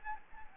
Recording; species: mosquito wingbeat signal from an infrared sensor; Anopheles gambiae